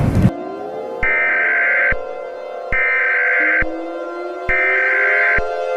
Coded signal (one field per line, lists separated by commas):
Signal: Emergency Alert System (SAME) tones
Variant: header bursts